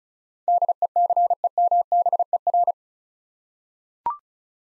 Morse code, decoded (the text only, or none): DECEMBER